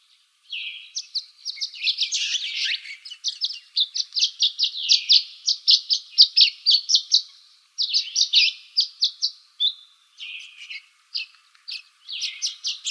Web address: Sound Library Larks Swallows AZFO VGSW deviche 051506